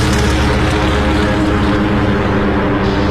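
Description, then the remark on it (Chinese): A loud, steady drone of propeller aircraft engines as torpedo bombers of the US 8th Torpedo Bomber Squadron take off from an American aircraft carrier to attack the Japanese fleet, a dense low rumble with a buzzing harmonic texture that holds constant throughout, no voices present. “首先起飞的是第八鱼雷轰炸机中队。”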